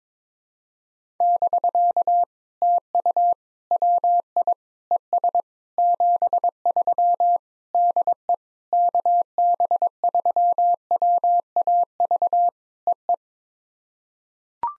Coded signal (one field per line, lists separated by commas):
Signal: Morse code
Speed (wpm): 22 wpm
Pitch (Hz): 700 Hz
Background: none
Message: <BK> TU WI ES 73 DE KB3WAV EE